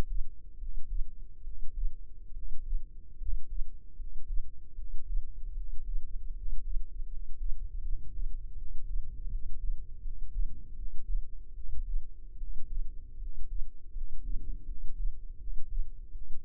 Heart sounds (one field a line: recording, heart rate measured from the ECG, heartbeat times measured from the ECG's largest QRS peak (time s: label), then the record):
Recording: heart sounds by microphone in the left ear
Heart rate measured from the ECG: 77 bpm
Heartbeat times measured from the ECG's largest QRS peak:
0.57 s: heartbeat
1.42 s: heartbeat
2.32 s: heartbeat
3.17 s: heartbeat
3.95 s: heartbeat
4.74 s: heartbeat
5.53 s: heartbeat
6.32 s: heartbeat
7.07 s: heartbeat
7.81 s: heartbeat
8.54 s: heartbeat
9.29 s: heartbeat
10.01 s: heartbeat
10.74 s: heartbeat
11.53 s: heartbeat
12.36 s: heartbeat
13.17 s: heartbeat
13.91 s: heartbeat
14.64 s: heartbeat
15.36 s: heartbeat
16.10 s: heartbeat
From the record:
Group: healthy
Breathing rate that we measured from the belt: 17 breaths a minute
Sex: male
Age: 21 years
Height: 170 cm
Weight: 71 kg